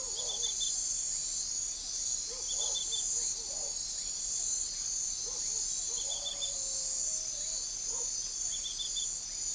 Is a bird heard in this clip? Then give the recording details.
no. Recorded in forest near Pivijay, Magdalena, Colombia, on 3 June 2023 at 01:00. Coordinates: 10.467, -74.380. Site Z5-G034